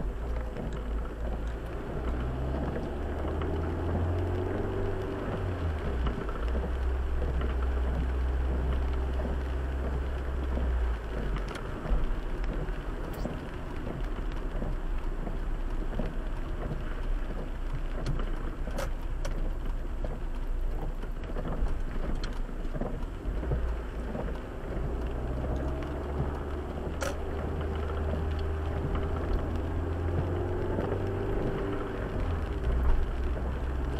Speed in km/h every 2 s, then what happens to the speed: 22, 30, 40, 38, 38, 37, 36, 33, 29, 26, 24, 22, 25, 32, 33, 39, 40.
0-4 speeds up to 40. 4-10 steady at about 38. 10-23 slows to 22. 23-34 speeds up to 40.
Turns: 20-27.